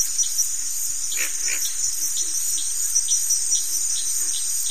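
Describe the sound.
Crickets in a shrill, even chorus of rapid pulses, with two short rough noises early on and a few faint taps.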